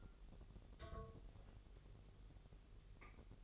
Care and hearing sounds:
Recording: daily activity, microphone in the room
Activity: take from stove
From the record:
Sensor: 4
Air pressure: 989.1 hPa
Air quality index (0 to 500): 209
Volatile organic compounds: 57 ppm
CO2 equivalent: 3385 ppm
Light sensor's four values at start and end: 29/98/36/38 and 29/98/36/38

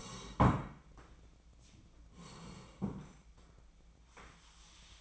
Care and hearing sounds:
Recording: daily activity, microphone in the room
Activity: sit down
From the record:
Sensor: 1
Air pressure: 1012.3 hPa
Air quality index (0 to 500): 172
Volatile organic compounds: 3 ppm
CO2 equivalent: 1416 ppm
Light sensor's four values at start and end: 44/120/49/60 and 45/121/49/60

